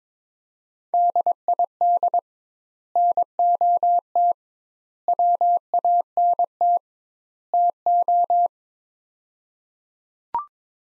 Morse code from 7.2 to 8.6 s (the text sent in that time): TO